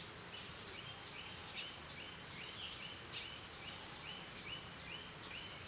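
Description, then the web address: Birds calling in a morning ambience, a short high chirp repeated many times over a steady background hiss. Morning in Costa Rica. "Big Room Sound Birds Crickets Costa Rica"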